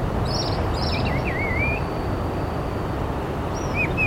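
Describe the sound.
Bird calls: a buzzy note, then wavering whistled slurs, with a few brief high notes near the end, against steady heavy low-pitched background noise.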